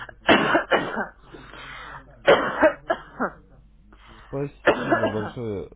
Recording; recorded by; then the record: voluntary cough; telephone call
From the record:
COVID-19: negative